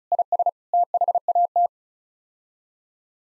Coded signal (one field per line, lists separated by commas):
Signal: Morse code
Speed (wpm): 34 wpm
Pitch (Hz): 700 Hz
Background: none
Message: IS THAT